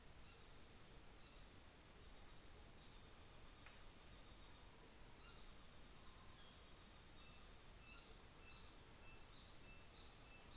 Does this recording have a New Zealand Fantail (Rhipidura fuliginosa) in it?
yes